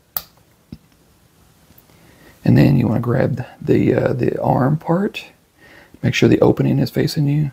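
A plastic ball joint, with its round piece facing out, is pushed into the shoulder of a BLOKEES Transformers Galaxy Version Series 1 Roll Out figure until it clicks into place. The sharp click comes at 0.2 s, followed by a few faint ticks and handling sounds. From about 2.4 s onward, someone talks.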